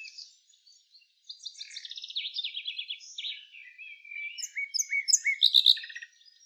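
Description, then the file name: Common nightingale delivering fast repeated note trains that step in pitch, then sharp high chirps and loud clipped notes near the close. "Luscinia megarhynchos"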